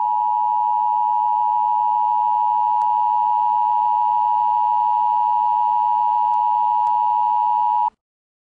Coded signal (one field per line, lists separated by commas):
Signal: Emergency Alert System (SAME) tones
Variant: 853 and 960 Hz attention tone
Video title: Emergency Alert System: Unidentified Disease